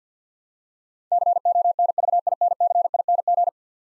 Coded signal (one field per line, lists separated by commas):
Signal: Morse code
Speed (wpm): 50 wpm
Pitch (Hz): 700 Hz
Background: none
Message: CONVINCING